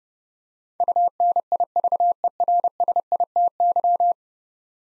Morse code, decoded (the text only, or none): UNIVERSITY